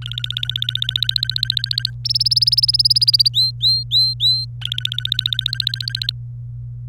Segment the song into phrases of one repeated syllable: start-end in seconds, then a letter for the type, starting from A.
0.02-1.90 A, 2.04-3.28 B, 3.33-4.46 C, 4.61-6.12 A